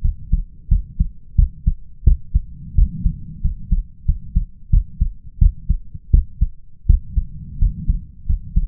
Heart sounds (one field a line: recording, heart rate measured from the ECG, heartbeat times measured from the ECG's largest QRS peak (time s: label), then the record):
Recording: heart sounds by stethoscope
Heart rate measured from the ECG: 87 bpm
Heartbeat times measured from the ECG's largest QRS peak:
0.01 s: heartbeat
0.68 s: heartbeat
1.35 s: heartbeat
2.03 s: heartbeat
2.74 s: heartbeat
3.41 s: heartbeat
4.05 s: heartbeat
4.70 s: heartbeat
5.38 s: heartbeat
6.10 s: heartbeat
6.86 s: heartbeat
7.58 s: heartbeat
8.26 s: heartbeat
From the record:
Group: healthy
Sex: male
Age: 21 years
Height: 180 cm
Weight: 67.5 kg